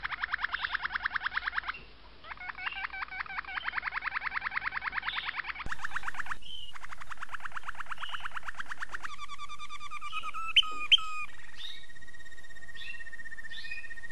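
Domestic canary in full song: fast chattering rolls and trills, then a lower steady trill, scattered sharp chips and a long even whistled note near the end.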